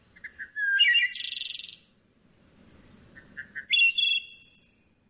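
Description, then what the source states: Wood thrush song: soft introductory notes, then a liquid fluted phrase ending in a high buzzy trill, given twice with a pause between. Fluting, ethereal song, a summer sound of deciduous forests in the eastern U.S. and Canada from April to September.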